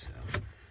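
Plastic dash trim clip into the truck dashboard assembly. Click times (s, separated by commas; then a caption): 0.3 s. A plastic trim clip is pushed into the dashboard assembly of a 2014–2015 GMC Sierra or Chevy Silverado truck during an in-dash Apple CarPlay and Android Auto upgrade. A short, sharp click is heard at 0.3 s over a steady low rumble. The clip seats into place.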